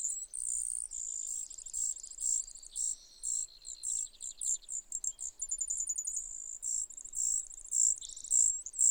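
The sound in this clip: Brewer's sparrow, high jumbled song of bouncing chips, buzzes and rapid trills running almost without a break.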